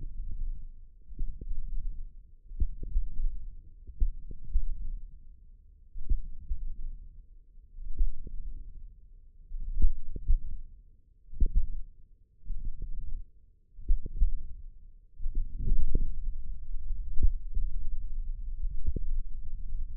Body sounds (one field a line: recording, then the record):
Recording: forearm muscle sounds (acoustic myography)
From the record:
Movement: finger pinch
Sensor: system 1, eight BSWA MPA416 microphones around the upper forearm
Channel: 5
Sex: female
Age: 21 years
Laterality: right